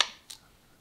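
A 4-inch quick-lock dust collection hose plate with a built-in closed-cell poly foam grommet is pushed onto a tool port plate and locked. It gives a sharp, bright snap at 0.0 s, followed by a quieter click at about 0.3 s and a faint tick near 0.8 s. The coupling snaps home and is seated.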